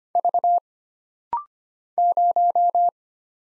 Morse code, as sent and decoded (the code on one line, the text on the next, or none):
...- / -----
V 0